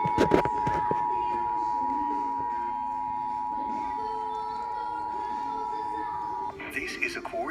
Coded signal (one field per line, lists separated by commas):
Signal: Emergency Alert System (SAME) tones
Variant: 853 and 960 Hz attention tone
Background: speech, music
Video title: Required Monthly Test EAS #6